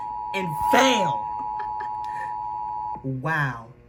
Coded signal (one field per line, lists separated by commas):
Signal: Emergency Alert System (SAME) tones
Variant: 853 and 960 Hz attention tone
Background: speech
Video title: The Never Ending Storms Part 3! EAS alerts from 7/12/2023 to 7/26/2023. [EAS #1,793 - #1,833]